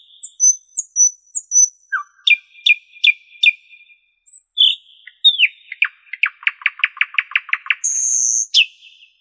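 Common nightingale singing high thin whistles and three sharp notes, then a fast rattle of repeated notes and a buzzy high burst.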